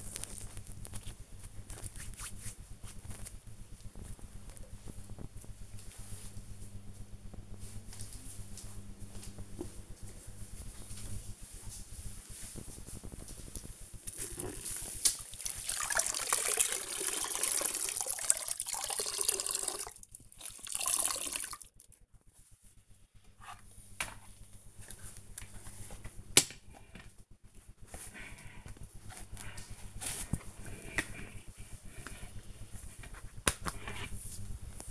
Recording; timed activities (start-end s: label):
household activities, microphone on the right wrist
0.00-3.56 s: cream hands
12.62-34.91 s: floor cleaning